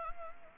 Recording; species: mosquito wingbeat signal from an infrared sensor; Anopheles gambiae